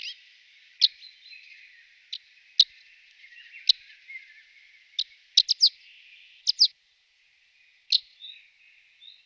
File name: Rondine montana